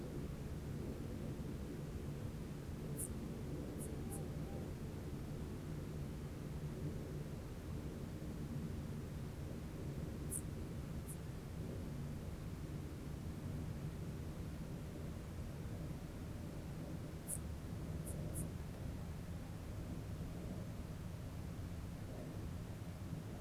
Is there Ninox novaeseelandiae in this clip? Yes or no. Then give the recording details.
yes. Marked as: faintness 5/5. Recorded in New Zealand on 1 June 2017. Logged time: 19:46. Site Taranaki